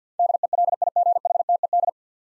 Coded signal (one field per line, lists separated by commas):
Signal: Morse code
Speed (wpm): 49 wpm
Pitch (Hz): 700 Hz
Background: none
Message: DELIGHTED